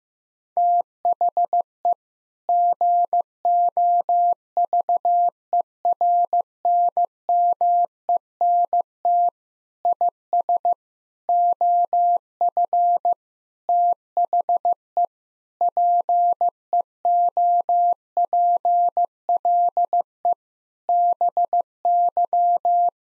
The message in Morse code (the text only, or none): THE GOVERNMENT IS OF THE PEOPLE BY